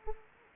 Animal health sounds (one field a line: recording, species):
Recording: mosquito wingbeat signal from an infrared sensor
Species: Anopheles arabiensis